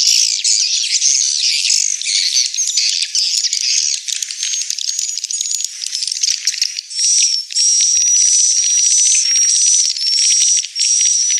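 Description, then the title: Swiftlet calls, first a busy high chattering chorus, then over the last few seconds short whistled notes that come in regular pulses over softer chirps. Swiftlet house lure sound used to attract swiftlets, from Tien Giang, Vietnam. "Am thanh nha yen Akau Vietnam - Tien giang"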